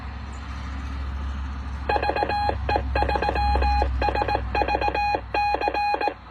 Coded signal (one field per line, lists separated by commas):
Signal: Morse code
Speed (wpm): 18 wpm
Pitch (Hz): 830 Hz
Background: none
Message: VE3SVC